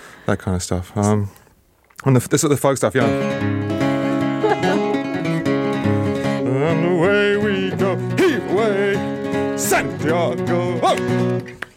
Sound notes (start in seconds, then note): 2.9 playing guitar; 4.2 laughter